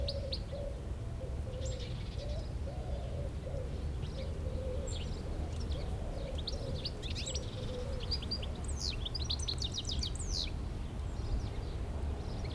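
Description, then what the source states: Goldfinch twittering, scattered high chirps that build into a quick burst of tinkling trills around the tenth second, over a persistent low hum and road noise. Chattering in a shrub near Le Tillet, beside the road, Aix-les-Bains, France.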